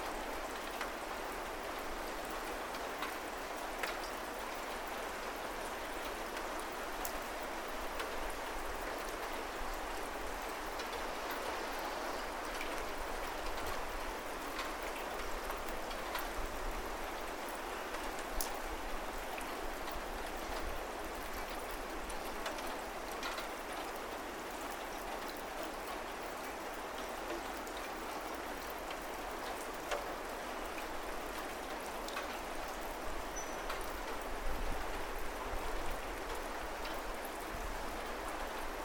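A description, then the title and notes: Steady night rain falls in a dense, even hiss that holds its level for the whole stretch. Scattered sharper drop ticks and taps land over a faint low rumble underneath, with no clear change from start to finish. 夜の雨音（Binaural） - night rain sound. 1月某日の雨の日、静かな場所を探して録音しました。 マイクを持って夜の路上で5分間…、結構長く感じます。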